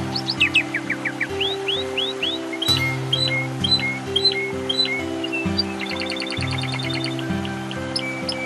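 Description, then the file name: Canary delivering a string of swooping upslurred whistles, a few sharp notes, then a quick rolling trill, while deep steady tones hum beneath. Canary sounds mixed with nature sounds. "suara kenari dan suara alam"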